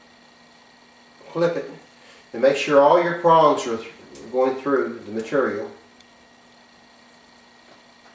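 Someone talks while a plastic shade cloth clip is placed on the edge of woven shade cloth and its prongs are worked through the material, checking that all of them pass through. A steady hum sits underneath. The clip has not yet been folded over or snapped shut, so nothing has clicked.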